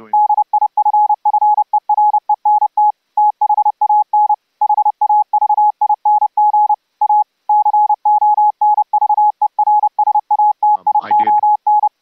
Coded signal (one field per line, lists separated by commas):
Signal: Morse code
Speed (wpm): 28 wpm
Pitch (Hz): 840 Hz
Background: radio noise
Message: DIFFERENT THAN HAVING A CONVERSATION